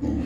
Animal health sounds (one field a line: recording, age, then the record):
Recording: pig call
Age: growing-finishing pig (85 days or more)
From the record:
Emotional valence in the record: negative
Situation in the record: barren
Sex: female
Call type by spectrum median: low-frequency call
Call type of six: low-frequency stable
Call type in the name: low-frequency stable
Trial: 1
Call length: 0.26 s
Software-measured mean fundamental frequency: 47 Hz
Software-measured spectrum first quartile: 124 Hz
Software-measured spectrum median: 239 Hz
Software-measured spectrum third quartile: 322 Hz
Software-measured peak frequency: 287 Hz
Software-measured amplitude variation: 125 dB a second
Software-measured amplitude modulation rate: 26.6 a second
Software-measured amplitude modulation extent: 4.7 dB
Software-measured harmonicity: 0.9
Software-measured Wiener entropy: -0.61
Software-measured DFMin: 967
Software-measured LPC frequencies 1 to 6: 301, 1878, 2610, 4673, 6428, 6762 Hz